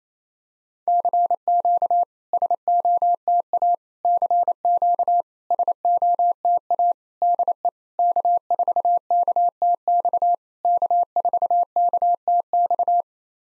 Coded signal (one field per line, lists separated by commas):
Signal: Morse code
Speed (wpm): 28 wpm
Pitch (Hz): 700 Hz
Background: none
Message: CQ SOTA CQ SOTA DE K4KTX K4KTX